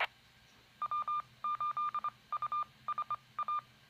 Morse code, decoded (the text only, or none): W8USA